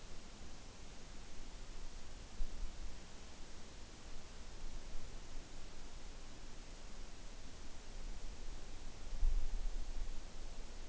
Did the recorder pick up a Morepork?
no